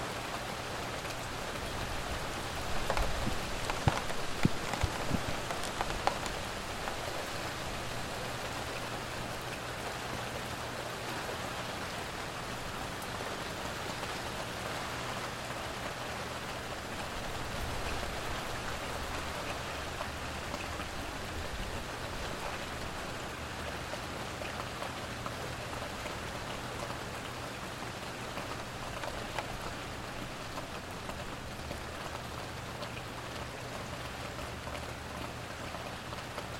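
An early summer rainstorm falls steadily, a dense, even hiss of drops on surfaces that barely changes across the recording. A low, constant hum sits underneath, and a few sharper knocks and splashes stand out near the start, around three to six seconds.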